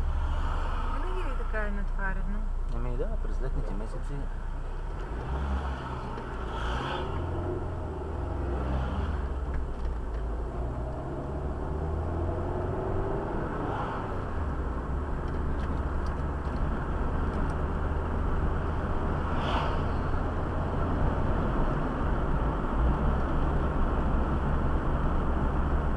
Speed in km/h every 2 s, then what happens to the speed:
0, 0, 2, 15, 21, 31, 42, 43, 45, 49, 53, 53, 52.
0-4 standing. 4-20 pulls away to 53. 20-26 steady at about 53.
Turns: none.